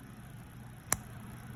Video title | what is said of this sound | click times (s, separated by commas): Loading rocket engines | and then stand the motor up and you'll hear it and feel it click in place | 0.9 s